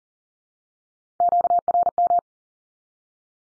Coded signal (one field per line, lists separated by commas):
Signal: Morse code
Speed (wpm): 38 wpm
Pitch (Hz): 700 Hz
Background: none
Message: QRM